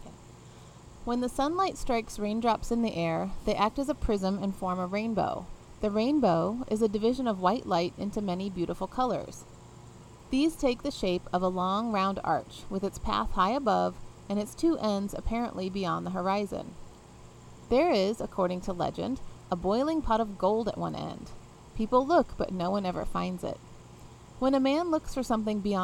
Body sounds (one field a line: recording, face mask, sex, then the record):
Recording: reading aloud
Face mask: none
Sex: female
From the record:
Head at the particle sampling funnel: facing it